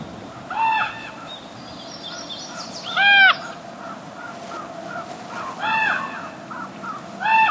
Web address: cotor. Common Raven